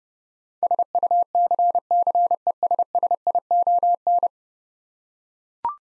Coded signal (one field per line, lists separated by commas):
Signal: Morse code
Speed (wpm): 30 wpm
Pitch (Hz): 700 Hz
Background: none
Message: SUCCESSION